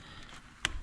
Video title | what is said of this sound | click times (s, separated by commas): C7 Corvette Wrinkly Arm Rest??? | once it's all the way down there's two little notches that this slips into clicks into place and then it goes like that | 0.7 s